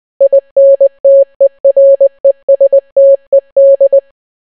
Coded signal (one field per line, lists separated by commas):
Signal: Morse code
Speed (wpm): 20 wpm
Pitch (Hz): 550 Hz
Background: none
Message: INTERESTED